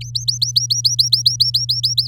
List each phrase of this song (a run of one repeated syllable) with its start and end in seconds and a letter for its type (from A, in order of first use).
0.01-2.05 A